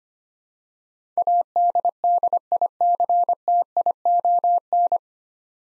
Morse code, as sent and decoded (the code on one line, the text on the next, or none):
.- -.. -.. .. -.-. - .. --- -.
ADDICTION